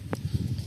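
An old door-panel reflector courtesy light is pried out of the door trim with a flat screwdriver. Its retaining clips spread and it pops free with a sharp snap at 0.1 s over low rumbling handling noise. The light comes out quite easily and is released.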